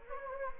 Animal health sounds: mosquito wingbeat signal from an infrared sensor; Anopheles arabiensis

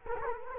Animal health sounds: mosquito wingbeat signal from an infrared sensor; Culex quinquefasciatus

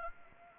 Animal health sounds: mosquito wingbeat signal from an infrared sensor; Anopheles arabiensis

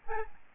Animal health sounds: mosquito wingbeat signal from an infrared sensor; Aedes albopictus

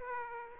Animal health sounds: mosquito wingbeat signal from an infrared sensor; Aedes aegypti

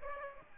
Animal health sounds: mosquito wingbeat signal from an infrared sensor; Aedes aegypti

